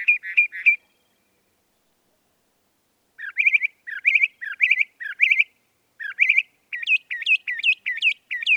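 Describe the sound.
Northern mockingbird song: a short chirpy burst, a pause, then repeated rising slurred notes given in pairs and clusters, speeding up toward the end.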